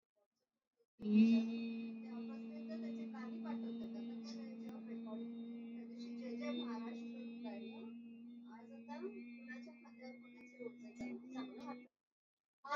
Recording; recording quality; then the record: sustained vowel as in beet; excellent, no background noise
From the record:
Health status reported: COVID-19 positive, no symptoms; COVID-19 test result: positive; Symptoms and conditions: cough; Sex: female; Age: 45 years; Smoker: not ticked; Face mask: worn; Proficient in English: yes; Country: India